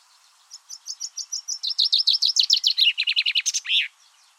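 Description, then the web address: Common chaffinch song: a rapid series of high notes that steps downward through several phrases, ending in a brief slurred flourish. "Deverinetal 2025 File origin Bird Only Fr Co"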